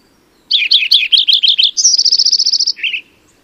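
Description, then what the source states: Lincoln's sparrow song: a run of bubbly, tumbling chirps, then a faster, higher rattling trill, closing on lower burry notes; quiet background. Recorded in California.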